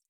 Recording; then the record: hydrophone in a shrimp aquaculture tank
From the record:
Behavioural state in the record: feeding